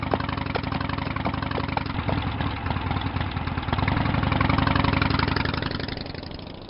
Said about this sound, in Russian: Садится на мотоцикл и едет к своему сообщнику. Мотоциклист оглядывается.